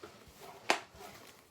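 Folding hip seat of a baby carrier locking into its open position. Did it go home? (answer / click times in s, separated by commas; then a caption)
yes / 0.7 s. The padded, folding hip seat of a Bebear baby carrier is unfolded, and a single sharp click at 0.7 s marks it locking into its open position over a quiet background. The lock is a safety feature that lets the baby sit on the seat.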